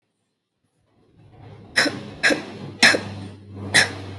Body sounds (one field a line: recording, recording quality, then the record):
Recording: shallow voluntary cough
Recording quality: moderate, slight background noise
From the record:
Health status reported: exposed to COVID-19, no respiratory illness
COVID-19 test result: not tested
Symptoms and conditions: cold, muscle pain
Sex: female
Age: 21 years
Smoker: not ticked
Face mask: not worn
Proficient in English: yes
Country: India